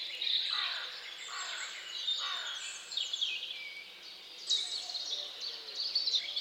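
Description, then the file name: Bird chorus of overlapping high chirps and downward slurred whistles, rising in bursts near the start, middle and end. Dawn birdsong, nature sounds. "Odgłosy Natury Świt i ptaki"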